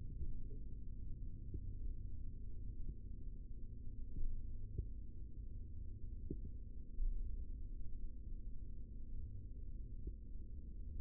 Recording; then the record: forearm muscle sounds (acoustic myography)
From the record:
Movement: rest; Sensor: system 3, bracelet of six PUI Audio POM-2738L microphones around the upper forearm, with dedicated amplification and filtering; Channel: 5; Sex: male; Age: 23 years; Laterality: right